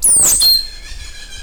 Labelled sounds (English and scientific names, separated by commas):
Stitchbird (Notiomystis cincta) song